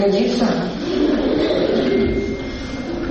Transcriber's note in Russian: Смех в классе